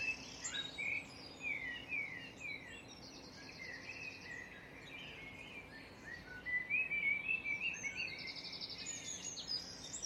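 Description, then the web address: Birds in a dawn chorus: many overlapping high chirps, trills and buzzy rattles, with sharp whistled notes near the start, over a faint steady low hum. "birds singing dawn chorus birdsong"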